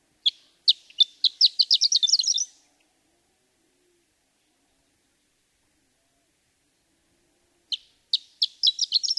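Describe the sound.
Horned lark singing a high, thin phrase that opens with separated chips and accelerates into a rapid tinkling jumble, then starts again after about five quiet seconds.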